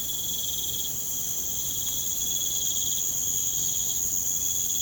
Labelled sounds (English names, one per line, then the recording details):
none
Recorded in pastures near Puerto Asís, Putumayo, Colombia, on 23 June 2025 at 03:30
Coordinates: 0.472, -76.331
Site G095